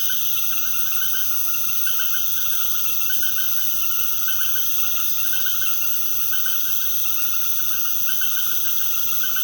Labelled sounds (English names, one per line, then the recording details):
none
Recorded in pastures near Puerto Asís, Putumayo, Colombia, on 12 March 2025 at 20:00
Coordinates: 0.472, -76.329
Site G074